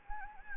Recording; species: mosquito wingbeat signal from an infrared sensor; Anopheles gambiae